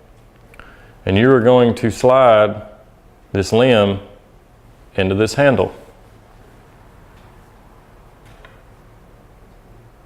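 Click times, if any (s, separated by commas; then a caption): none. A bow limb for a Bob Lee Stabi-Lock bow is held, lined up and slid toward the riser handle while someone talks. Only light handling ticks are heard, around 0.5, 0.6 and 8.5 s. Nothing has seated or clicked yet.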